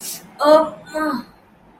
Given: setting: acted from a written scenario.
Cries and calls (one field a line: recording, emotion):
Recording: vocal sound without words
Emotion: ecstasy